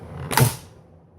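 A button on the plastic hilt of a Hasbro Star Wars Mace Windu electronic retractable toy lightsaber is pushed down, releasing the spring-loaded blade latch with a sharp click at 0.4 s. The retractable blade then extends with a brief creaking mechanical whoosh that fades by about 0.6 s, and the latch is released.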